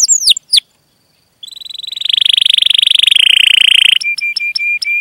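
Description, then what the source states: Canary song opening with a few swooping notes, then a brief gap, a long steady rolling trill, and a series of crisp repeated chips. Singing energetically (gacor) with elaborate song phrases (cengkok, isian), in the style of Indonesian songbird keeping (kicaumania).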